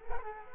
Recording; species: mosquito wingbeat signal from an infrared sensor; Culex quinquefasciatus